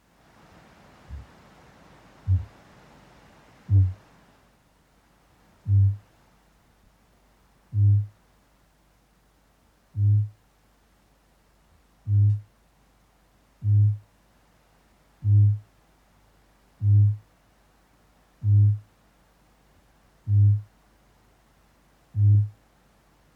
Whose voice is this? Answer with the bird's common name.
Kākāpō